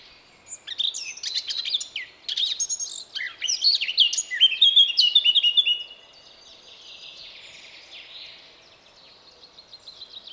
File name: Sylvia atricapilla